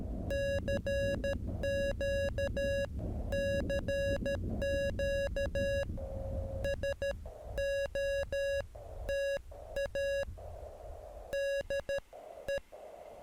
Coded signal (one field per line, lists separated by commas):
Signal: Morse code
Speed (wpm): 13 wpm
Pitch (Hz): 560 Hz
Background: music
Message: CQCQ SOTA DE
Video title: Hiking to Illahee Rock Lookout | First Morse Code Activation + Drone Test